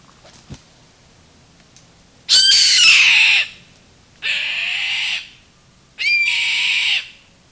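Bird giving three harsh, hissing screeches, each about a second long, after a faint tap near the start.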